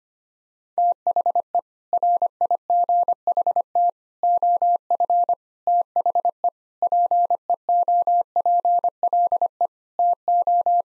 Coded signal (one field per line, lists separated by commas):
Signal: Morse code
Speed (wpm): 25 wpm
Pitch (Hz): 700 Hz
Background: none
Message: THE RIGHT OF THE PEOPLE TO